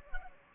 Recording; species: mosquito wingbeat signal from an infrared sensor; Anopheles gambiae